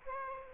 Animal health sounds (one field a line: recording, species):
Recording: mosquito wingbeat signal from an infrared sensor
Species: Aedes aegypti